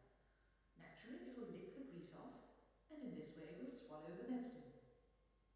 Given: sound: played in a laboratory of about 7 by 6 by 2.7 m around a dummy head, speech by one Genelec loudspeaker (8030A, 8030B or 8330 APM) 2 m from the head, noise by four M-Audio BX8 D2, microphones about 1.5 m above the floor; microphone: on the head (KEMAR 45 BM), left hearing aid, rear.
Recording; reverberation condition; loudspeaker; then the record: female speech in English; high; 150 degrees to the right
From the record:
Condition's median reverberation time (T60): about 1300 ms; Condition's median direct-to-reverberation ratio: about -4.0 dB